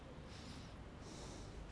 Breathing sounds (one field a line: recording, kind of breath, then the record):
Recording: one breath in and out by a microphone near the nose and mouth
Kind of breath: normal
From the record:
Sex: male